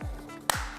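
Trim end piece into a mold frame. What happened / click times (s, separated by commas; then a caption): The plastic trim end snapped into place / 0.5 s. A trim end piece is pushed into a mold frame while the mold side is pulled to make room; the first try falls just short. A sharp, loud snap is heard at 0.5 s over a low sweeping tone, and the trim end is seated.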